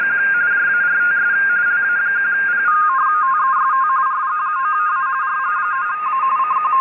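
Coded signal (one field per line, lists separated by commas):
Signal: RTTY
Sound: rapid warbling between two close tones, pitch pair dropping partway, over hiss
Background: radio static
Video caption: Réception de signaux RTTY et décodage avec FLdigi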